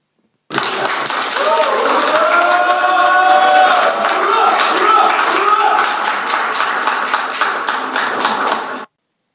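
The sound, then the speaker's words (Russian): A crowd erupts in loud, enthusiastic cheering after a toast to the soldiers, with overlapping shouts and voices and scattered clapping, sustained at a steady high level for several seconds before cutting off. “Толпа взорвалась восторженными откликами.”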